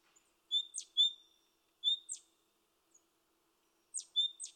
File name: Parus major